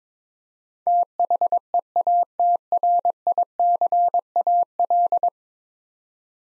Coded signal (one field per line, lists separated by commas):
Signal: Morse code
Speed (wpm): 22 wpm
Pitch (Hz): 700 Hz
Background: none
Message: THEATRICAL